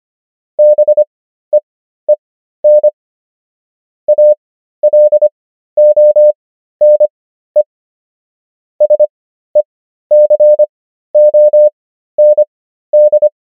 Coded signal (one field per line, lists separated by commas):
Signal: Morse code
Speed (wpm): 25 wpm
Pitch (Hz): 600 Hz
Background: none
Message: BEEN ALONE SECOND